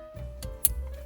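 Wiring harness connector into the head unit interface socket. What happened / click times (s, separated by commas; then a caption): The harness connector clicked into its socket / 0.6 s. A second plastic wiring harness connector is pushed into the head unit interface socket just below the first one on an INFINITI QX60 during a head unit update. After a softer tick at 0.4 s, a sharp click at 0.7 s shows the connector has seated, over a steady low hum and a faint tone.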